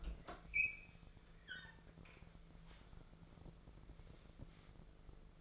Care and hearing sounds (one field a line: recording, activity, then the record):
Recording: daily activity, microphone in the room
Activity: open fridge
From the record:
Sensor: 5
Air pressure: 1015.0 hPa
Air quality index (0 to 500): 188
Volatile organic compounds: 8 ppm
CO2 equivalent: 2072 ppm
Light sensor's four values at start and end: 54/126/52/55 and 58/133/56/60